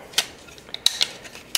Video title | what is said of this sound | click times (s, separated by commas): Synology DS1513+ Introduction and Teardown | take your mount make sure you hear it click in do the same thing to the other side | 0.9 s